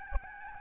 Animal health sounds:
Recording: mosquito wingbeat signal from an infrared sensor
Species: Aedes albopictus

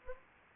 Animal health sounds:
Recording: mosquito wingbeat signal from an infrared sensor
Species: Anopheles arabiensis

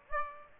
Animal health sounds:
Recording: mosquito wingbeat signal from an infrared sensor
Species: Aedes aegypti

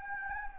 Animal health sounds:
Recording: mosquito wingbeat signal from an infrared sensor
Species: Anopheles gambiae

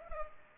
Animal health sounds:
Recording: mosquito wingbeat signal from an infrared sensor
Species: Culex pipiens

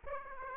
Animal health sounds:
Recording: mosquito wingbeat signal from an infrared sensor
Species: Aedes aegypti

